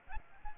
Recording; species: mosquito wingbeat signal from an infrared sensor; Aedes aegypti